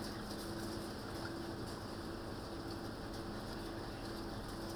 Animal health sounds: poultry house recording; healthy chickens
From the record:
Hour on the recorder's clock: 19

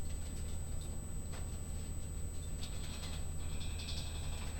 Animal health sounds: poultry house recording; no chicken sound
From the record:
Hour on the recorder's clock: 21

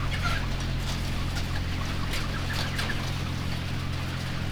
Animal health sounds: poultry house recording; healthy chickens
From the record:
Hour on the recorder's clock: 12

